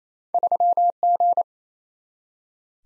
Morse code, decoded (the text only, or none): 3G